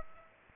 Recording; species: mosquito wingbeat signal from an infrared sensor; Aedes aegypti